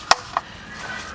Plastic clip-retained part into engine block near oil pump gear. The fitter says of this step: There you go. Snapped right into place.